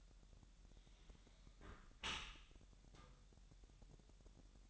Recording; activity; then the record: daily activity, microphone in the room; close dishwasher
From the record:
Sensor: 3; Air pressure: 1000.5 hPa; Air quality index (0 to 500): 248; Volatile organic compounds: 172 ppm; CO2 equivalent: 4113 ppm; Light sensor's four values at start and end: 11/25/10/10 and 11/25/10/10